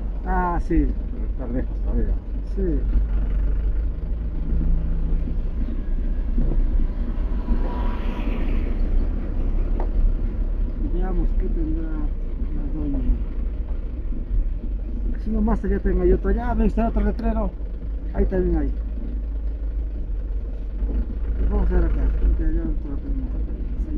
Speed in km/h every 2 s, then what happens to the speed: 3, 3, 5, 6, 8, 8, 7, 5, 5, 4, 4, 5.
0-24 steady at about 5.